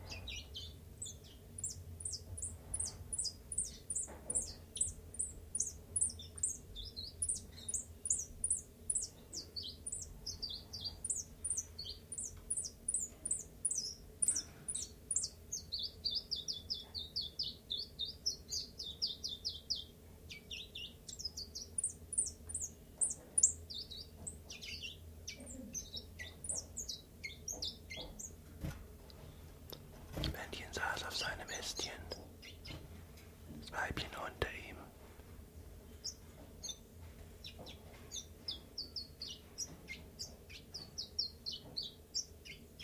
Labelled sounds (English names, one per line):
Common Chiffchaff